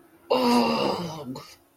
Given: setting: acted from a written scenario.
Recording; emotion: vocal sound without words; disgust